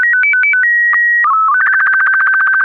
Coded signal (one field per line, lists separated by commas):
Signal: SSTV (slow-scan television)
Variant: Robot BW 8